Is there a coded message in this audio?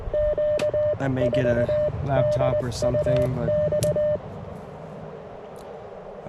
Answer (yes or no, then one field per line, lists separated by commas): yes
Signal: Morse code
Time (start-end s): 0.1-4.2 s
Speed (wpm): 20 wpm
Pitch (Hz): 600 Hz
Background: speech, radio noise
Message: Q4DUX